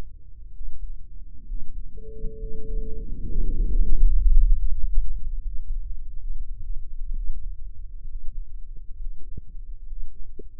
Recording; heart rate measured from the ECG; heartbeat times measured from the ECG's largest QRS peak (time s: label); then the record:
heart sounds by microphone in the right ear; 71 bpm
0.50 s: heartbeat
1.43 s: heartbeat
2.35 s: heartbeat
3.22 s: heartbeat
3.98 s: heartbeat
4.70 s: heartbeat
5.41 s: heartbeat
6.17 s: heartbeat
7.13 s: heartbeat
8.05 s: heartbeat
8.94 s: heartbeat
9.80 s: heartbeat
From the record:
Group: healthy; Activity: rest 0-2 s, Valsalva maneuver 2-11 s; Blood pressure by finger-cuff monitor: 123/72 mmHg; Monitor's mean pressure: 92 mmHg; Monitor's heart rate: 65 bpm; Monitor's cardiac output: 7.7 L/min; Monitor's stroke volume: 104 mL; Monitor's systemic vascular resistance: 810 dyn s/cm5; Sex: male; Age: 23 years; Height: 178 cm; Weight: 96.6 kg